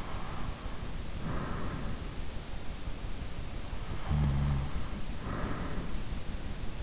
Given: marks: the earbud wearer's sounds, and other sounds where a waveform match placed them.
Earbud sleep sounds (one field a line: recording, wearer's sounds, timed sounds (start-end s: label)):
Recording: sounds in sleep by an in-ear microphone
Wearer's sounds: breath, snoring breath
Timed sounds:
0.00-2.02 s: breath
4.03-6.23 s: snoring breath